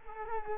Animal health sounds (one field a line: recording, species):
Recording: mosquito wingbeat signal from an infrared sensor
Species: Culex quinquefasciatus